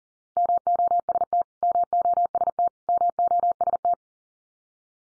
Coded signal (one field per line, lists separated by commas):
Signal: Morse code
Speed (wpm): 40 wpm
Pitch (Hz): 700 Hz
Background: none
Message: MOST MOST MOST